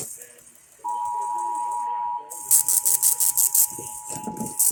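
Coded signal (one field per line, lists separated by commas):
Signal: Emergency Alert System (SAME) tones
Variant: 853 and 960 Hz attention tone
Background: speech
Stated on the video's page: Required Monthly Test received on broadcast radio.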